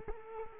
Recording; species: mosquito wingbeat signal from an infrared sensor; Culex quinquefasciatus